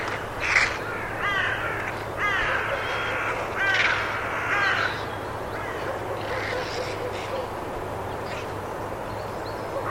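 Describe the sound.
Bird giving harsh, rasping calls over the first five seconds, then quieter calls, over a steady low hum.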